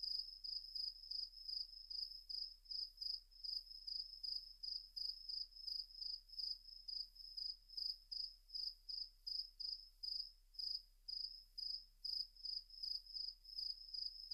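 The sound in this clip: Cricket chirping continuously, quick high pulses a couple of times per second with slight unevenness, nothing else audible.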